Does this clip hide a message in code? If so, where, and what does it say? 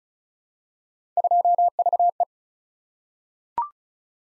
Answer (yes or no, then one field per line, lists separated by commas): yes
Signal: Morse code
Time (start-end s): 1.2-2.2 s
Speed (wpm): 36 wpm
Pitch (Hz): 700 Hz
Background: none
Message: 2VE